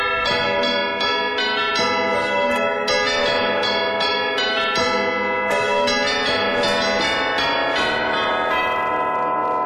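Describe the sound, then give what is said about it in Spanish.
A village church bell rings over and over, loud and unbroken, with rapid repeated strikes whose rich, overlapping metallic tones blend into a sustained clangor, with no voices. “Tocar la campana de la iglesia del pueblo te lleva 5 minutos. Rexona te protege 576 campanadas sin transpirar.”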